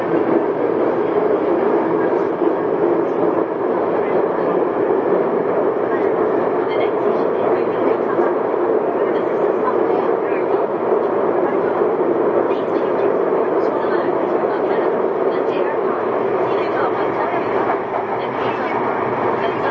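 Inside a Yokohama Municipal Subway 3000R train between Kannai and Azami-no, a steady, dense rumble and roar fills the whole stretch with little change in level. Faint murmuring voices sit under the noise, with small clicks and rattles scattered throughout.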